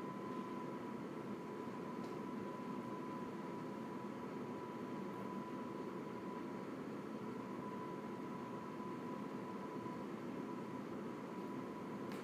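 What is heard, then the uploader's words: A convection oven runs with a steady, unbroken fan rush, dense and full in the low-middle range, with a thin constant whine riding on top. The sound holds level throughout, broken only by a few faint ticks near the start, middle and end. ASMR: Convection Oven.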